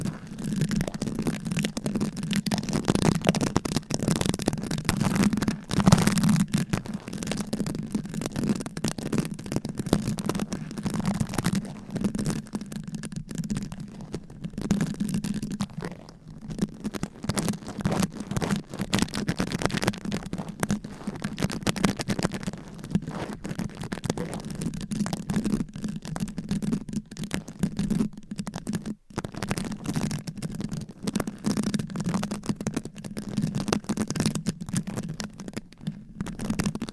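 Fast, aggressive scratching on microphone covers with fingernails runs without pause for the whole clip. The rubbing is dense and rapid, with a steady low rumble beneath crackly, bright strokes. Brief gaps and sharper bursts break the texture now and then.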